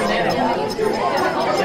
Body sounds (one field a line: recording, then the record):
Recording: background sound without coughing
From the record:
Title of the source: Nightlife Party Simulating Party Club Noise 1 Hour